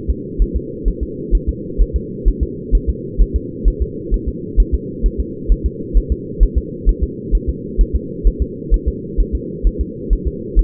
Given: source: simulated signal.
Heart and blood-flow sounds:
fetal heart sounds
0.10 s: S2
0.42 s: S1
0.56 s: S2
0.88 s: S1
1.03 s: S2
1.35 s: S1
1.49 s: S2
1.81 s: S1
1.96 s: S2
2.28 s: S1
2.43 s: S2
2.75 s: S1
2.90 s: S2
3.22 s: S1
3.36 s: S2
3.68 s: S1
3.82 s: S2
4.14 s: S1
4.28 s: S2
4.60 s: S1
4.75 s: S2
5.06 s: S1
5.20 s: S2
5.52 s: S1
5.66 s: S2
5.97 s: S1
6.12 s: S2
6.43 s: S1
6.58 s: S2
6.89 s: S1
7.03 s: S2
7.35 s: S1
7.49 s: S2
7.81 s: S1
7.96 s: S2
8.27 s: S1
8.42 s: S2
8.74 s: S1
8.88 s: S2
9.20 s: S1
9.35 s: S2
9.67 s: S1
9.81 s: S2
10.13 s: S1
10.27 s: S2
10.59 s: S1
From the record:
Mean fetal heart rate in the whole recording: 130 bpm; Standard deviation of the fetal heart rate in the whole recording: 2 bpm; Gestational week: 36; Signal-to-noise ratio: -4.1 dB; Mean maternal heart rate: no maternal heart sound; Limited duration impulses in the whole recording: absent

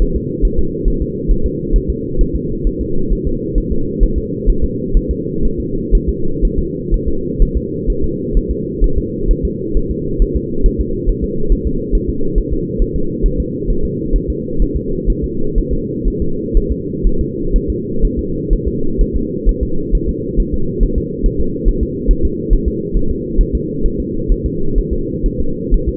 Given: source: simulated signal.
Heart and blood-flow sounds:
fetal heart sounds
0.02 s: S1
0.16 s: S2
0.45 s: S1
0.59 s: S2
0.88 s: S1
1.02 s: S2
1.31 s: S1
1.46 s: S2
1.76 s: S1
1.90 s: S2
2.21 s: S1
2.35 s: S2
2.67 s: S1
2.81 s: S2
3.12 s: S1
3.27 s: S2
3.58 s: S1
3.72 s: S2
4.04 s: S1
4.18 s: S2
4.50 s: S1
4.64 s: S2
4.97 s: S1
5.11 s: S2
5.45 s: S1
5.60 s: S2
5.95 s: S1
6.09 s: S2
6.45 s: S1
6.59 s: S2
6.94 s: S1
7.08 s: S2
7.42 s: S1
7.57 s: S2
7.90 s: S1
8.04 s: S2
8.37 s: S1
8.51 s: S2
8.84 s: S1
8.98 s: S2
9.31 s: S1
9.45 s: S2
9.77 s: S1
9.91 s: S2
10.22 s: S1
10.36 s: S2
10.66 s: S1
10.81 s: S2
11.10 s: S1
11.24 s: S2
11.52 s: S1
11.67 s: S2
11.95 s: S1
12.10 s: S2
12.38 s: S1
12.53 s: S2
12.82 s: S1
12.96 s: S2
13.26 s: S1
13.40 s: S2
13.70 s: S1
13.85 s: S2
14.16 s: S1
14.30 s: S2
14.62 s: S1
14.77 s: S2
15.10 s: S1
15.24 s: S2
15.58 s: S1
15.73 s: S2
16.08 s: S1
16.22 s: S2
16.57 s: S1
16.72 s: S2
17.07 s: S1
17.21 s: S2
17.56 s: S1
17.70 s: S2
18.05 s: S1
18.19 s: S2
18.53 s: S1
18.68 s: S2
19.01 s: S1
19.16 s: S2
19.49 s: S1
19.63 s: S2
19.95 s: S1
20.09 s: S2
20.40 s: S1
20.54 s: S2
20.83 s: S1
20.98 s: S2
21.26 s: S1
21.40 s: S2
21.68 s: S1
21.83 s: S2
22.11 s: S1
22.25 s: S2
22.53 s: S1
22.68 s: S2
22.97 s: S1
23.11 s: S2
23.41 s: S1
23.55 s: S2
23.86 s: S1
24.00 s: S2
24.32 s: S1
24.46 s: S2
24.78 s: S1
24.93 s: S2
25.26 s: S1
25.40 s: S2
25.74 s: S1
25.88 s: S2
From the record:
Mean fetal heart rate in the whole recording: 130 bpm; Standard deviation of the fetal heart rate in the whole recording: 4 bpm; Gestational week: 38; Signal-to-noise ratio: -8.1 dB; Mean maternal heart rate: 72 bpm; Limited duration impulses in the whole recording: absent

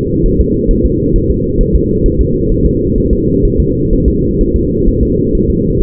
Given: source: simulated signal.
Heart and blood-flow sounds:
fetal heart sounds
0.26 s: S1
0.41 s: S2
0.71 s: S1
0.86 s: S2
1.16 s: S1
1.30 s: S2
1.61 s: S1
1.75 s: S2
2.06 s: S1
2.21 s: S2
2.52 s: S1
2.66 s: S2
2.98 s: S1
3.13 s: S2
3.45 s: S1
3.60 s: S2
3.93 s: S1
4.08 s: S2
4.41 s: S1
4.56 s: S2
4.88 s: S1
5.03 s: S2
5.35 s: S1
5.50 s: S2
5.81 s: S1
From the record:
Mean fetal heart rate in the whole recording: 130 bpm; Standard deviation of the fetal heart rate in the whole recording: 4 bpm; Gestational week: 38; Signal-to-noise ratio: -14.7 dB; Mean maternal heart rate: 72 bpm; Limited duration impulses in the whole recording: present

